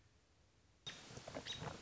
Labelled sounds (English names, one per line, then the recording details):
American Robin
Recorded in Sonoma County, California